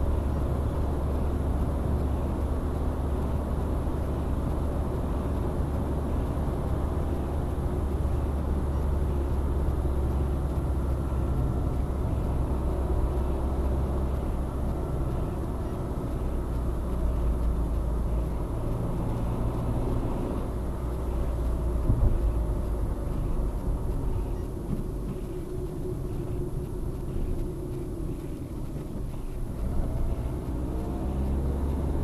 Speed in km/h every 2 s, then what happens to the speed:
75, 76, 76, 76, 73, 69, 69, 67, 59, 58, 58, 58, 43, 35, 25, 29.
0-6 steady at about 76. 6-16 slows to 59. 16-22 steady at about 58. 22-28 brakes to 25.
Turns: 23-27.